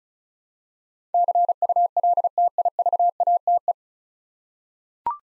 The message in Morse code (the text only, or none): CULTIVATE